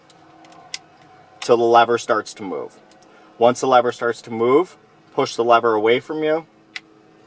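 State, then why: Seated. Someone talks while pushing the locking lever of a wiring harness connector, plugged into the APIM infotainment module of a 2011-2016 Ford Explorer, away from them. A brief tick sounds near 0.7 s, and at 6.8 s a sharp click is heard as the lever snaps past its plastic lock. The connector is fully seated.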